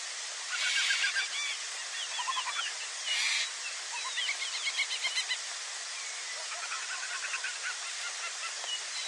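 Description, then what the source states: Birds in a chorus, many rapid high chirps and short trilled phrases overlapping, busy chatter rising and falling throughout. Many birds calling together.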